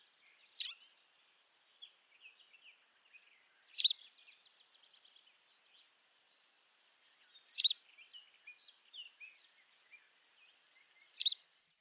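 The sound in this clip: White wagtail calls, sharp high two-part chirps repeated about every three and a half seconds, with faint soft twitters between them.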